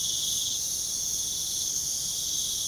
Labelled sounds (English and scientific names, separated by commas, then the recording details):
none
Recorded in pastures near Puerto Asís, Putumayo, Colombia, on 29 June 2025 at 01:30
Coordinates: 0.497, -76.327
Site G040